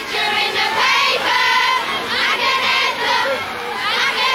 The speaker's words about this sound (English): Tonight, really, outside Radio 1, screams, smiles and swoons outside the Radio 1 studios.